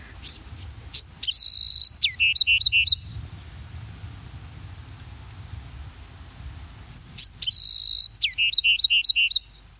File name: bewickswren